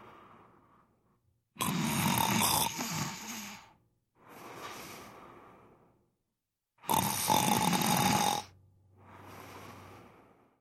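Adult male snoring: two loud, rattling inhaled snores, each about two seconds long, alternate with softer breathy exhalations, about 11 to 12 breaths a minute. This is typical snoring, caused by vibration of the soft tissues of the upper airway during sleep.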